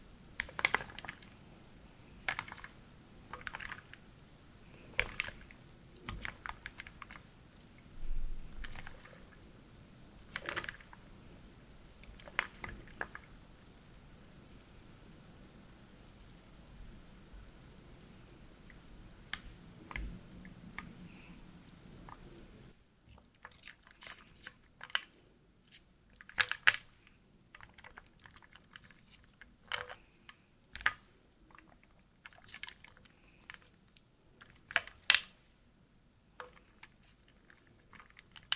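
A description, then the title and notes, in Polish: Wooden soup: a steady patter of small wooden knocks and clicks over a low, soft rumble, with a wet, squishy crackle. At about 23 seconds the background hush drops away abruptly, leaving sparser, sharper clicks and taps until the end. Drewniana zupa IDEALNE NA SEN ASMR po polsku!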